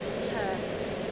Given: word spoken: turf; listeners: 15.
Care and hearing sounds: one English word in noise, from a listening test; speech-shaped noise; -5.9 dB; 5 of 15; 9 of 15; 0.72 s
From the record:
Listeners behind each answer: 9, 5, 1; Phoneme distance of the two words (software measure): 10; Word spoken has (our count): 1 syllable, 3 phonemes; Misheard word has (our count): 1 syllable, 3 phonemes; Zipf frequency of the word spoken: 3.80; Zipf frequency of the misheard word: 5.45

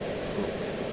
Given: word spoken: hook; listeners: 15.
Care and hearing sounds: one English word in noise, from a listening test; speech-shaped noise; -6.3 dB; 0 of 15; 6 of 15; 0.53 s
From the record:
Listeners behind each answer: 6, 4, 3, 1, 1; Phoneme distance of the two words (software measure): 10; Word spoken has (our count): 1 syllable, 3 phonemes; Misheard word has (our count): 1 syllable, 3 phonemes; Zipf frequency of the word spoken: 4.21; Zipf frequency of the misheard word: 5.21

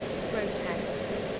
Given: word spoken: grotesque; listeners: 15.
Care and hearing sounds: one English word in noise, from a listening test; speech-shaped noise; -5.7 dB; 5 of 15; 9 of 15; 1.00 s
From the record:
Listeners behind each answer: 9, 5, 1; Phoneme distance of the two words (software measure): 20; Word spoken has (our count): 2 syllables, 7 phonemes, stress on syllable 2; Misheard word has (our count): 2 syllables, 7 phonemes, stress on syllable 2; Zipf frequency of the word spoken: 3.34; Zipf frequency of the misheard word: 4.34

